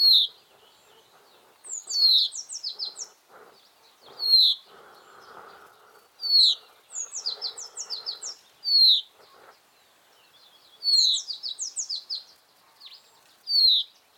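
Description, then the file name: Common chaffinch song phrases of downslurred notes repeated every few seconds, some notes much louder than others. "Fringilla coelebs"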